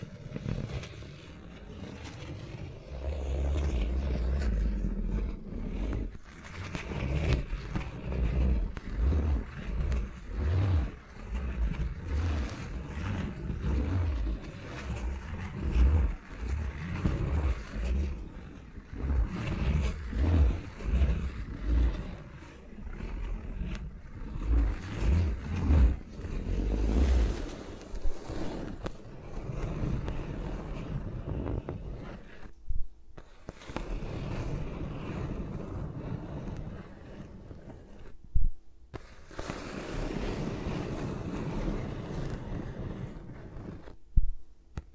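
ASMR with microphones worn around the fingers, giving a dense, muffled rubbing and brushing that rumbles low and thumps unevenly, much like wind buffeting. The texture shifts constantly, pausing briefly near 33 and 38 seconds, with sharp knocks around 27, 38 and 44 seconds.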